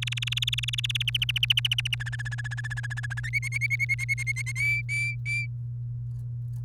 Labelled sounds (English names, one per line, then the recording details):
Domestic Canary song
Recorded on 30 April 2018 at 05:52
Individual llb3